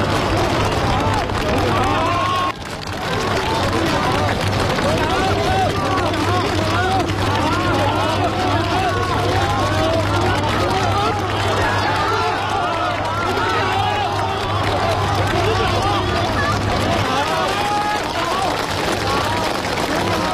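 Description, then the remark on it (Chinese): A large crowd of company employees at the Three Gorges Dam power station in China cheers and calls out greetings to Xi Jinping in a continuous, loud roar of overlapping voices, with a steady low hum running underneath throughout. “电站外，闻讯而来的企业员工围拢到总书记身边，欢呼着向总书记问好。”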